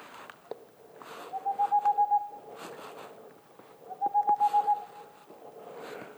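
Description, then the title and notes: Boreal owl song, two rolling bursts of quick hoots, with intermittent bursts of broad hissing noise around the phrases. Singing male near a black woodpecker nest hole, in the mountains near the Mediterranean, 2 April 2019, 20:15, evening; homemade parabolic dish, two omni microphones, MixPre 3 recorder. "Une chouette pas si boréale. 02 avril 2019-20h15-en montagne. la Tengmalm boréale ( Aegolius funereus) , pas si boréale que cela car nous sommes aux portes de la méditerranée"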